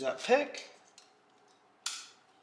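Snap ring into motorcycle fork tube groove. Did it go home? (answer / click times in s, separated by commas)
yes / 1.9 s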